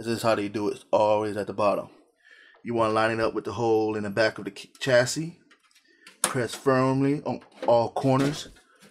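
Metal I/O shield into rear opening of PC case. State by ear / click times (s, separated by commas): not seated / none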